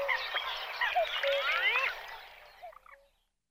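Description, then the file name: Common pochard chorus of mixed whistles and rasping calls, loud and crowded at first, then fading away to a few scattered notes and silence. "CHernet krasnogolovaya"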